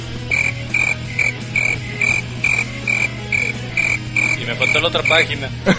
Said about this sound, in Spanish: Pon los grillos.